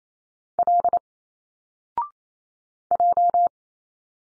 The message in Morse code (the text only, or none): L J